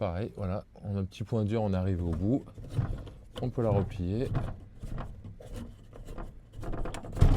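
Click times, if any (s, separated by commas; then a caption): none. Someone talks while handling the hinged window of a Chausson C727 camper, working it to the end of its travel past a slight stiff point so it can fold shut, with a few small knocks and taps of handling from about 5.0 s to 6.9 s. The plastic latch has not been pushed home yet, and nothing has seated or clicked by the end of the clip.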